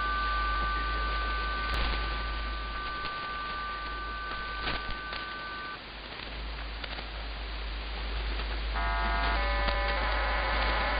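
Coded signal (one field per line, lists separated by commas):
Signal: numbers station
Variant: HM01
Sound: shortwave static with two faint steady tones, then a chord of many tones shifting in steps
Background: radio static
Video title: 18 08 2021 Number station Cuban HM01 in Spanish to Eu,Am 0715 on 9330 Bejical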